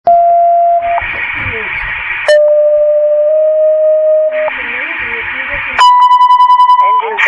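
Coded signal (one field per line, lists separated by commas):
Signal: pager alert tone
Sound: three long steady tones, each about two seconds, broken by bursts of radio hiss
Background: radio static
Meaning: Alerts fire department units to a dispatch call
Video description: HVFD toned out for a full firebox for 413 South Main Street.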